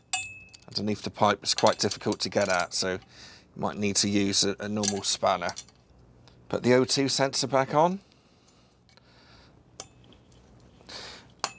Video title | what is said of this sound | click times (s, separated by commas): Honda NC750x Black Widow Exhaust Install | make sure it's nice and tight looks like it's two clicks to get that back on have | 9.8 s, 11.4 s